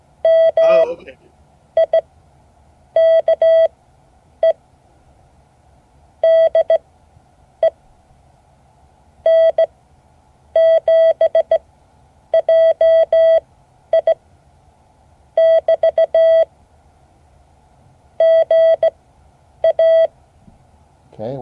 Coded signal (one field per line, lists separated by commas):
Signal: Morse code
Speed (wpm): 17 wpm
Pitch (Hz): 650 Hz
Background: speech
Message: MIKE DE N7JI <BT> GA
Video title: Morse code class 2024-08-15 (12 of 12)